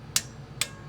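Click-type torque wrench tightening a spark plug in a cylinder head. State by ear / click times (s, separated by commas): torque reached / 0.2 s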